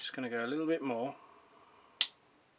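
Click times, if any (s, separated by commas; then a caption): 2.0 s. Someone talks while a steel wire-coil thread repair insert is wound a little further into a threaded hole with the installation tool. A single sharp snap is heard at 2.0 s as the insert drops properly into place below the surface, seated.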